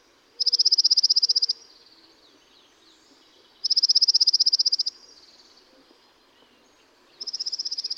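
Dark-eyed junco delivering a rapid level trill of uniform notes, repeated three times roughly every three seconds.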